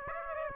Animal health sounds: mosquito wingbeat signal from an infrared sensor; Aedes aegypti

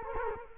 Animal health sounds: mosquito wingbeat signal from an infrared sensor; Culex quinquefasciatus

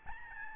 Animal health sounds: mosquito wingbeat signal from an infrared sensor; Aedes albopictus

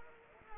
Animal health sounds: mosquito wingbeat signal from an infrared sensor; Anopheles arabiensis

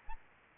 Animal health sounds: mosquito wingbeat signal from an infrared sensor; Aedes albopictus

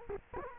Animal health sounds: mosquito wingbeat signal from an infrared sensor; Culex quinquefasciatus

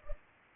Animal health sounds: mosquito wingbeat signal from an infrared sensor; Culex pipiens

